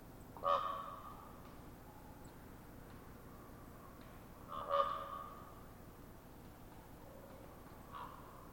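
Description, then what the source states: Common raven giving two clear hollow popping notes a few seconds apart, followed by a fainter third pop near the end. Ravens giving popping calls in a conversational exchange.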